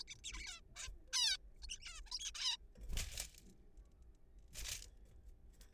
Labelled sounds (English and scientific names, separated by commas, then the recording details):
Zebra Finch (Taeniopygia guttata)
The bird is a juvenile
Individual R3428